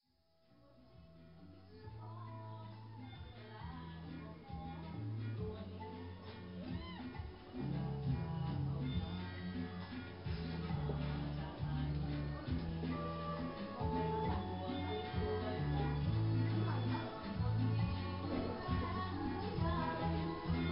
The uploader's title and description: Thailand - remote outdoor restaurant sounds. Recorded music from several sources playing in a small restaurant near the mountains of Namtok Mae Surin National Park in the northwest of Thailand, near the border with Burma